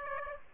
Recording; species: mosquito wingbeat signal from an infrared sensor; Aedes aegypti